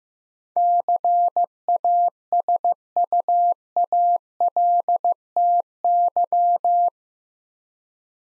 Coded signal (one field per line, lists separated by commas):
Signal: Morse code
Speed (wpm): 15 wpm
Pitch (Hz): 700 Hz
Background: none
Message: CASUALTY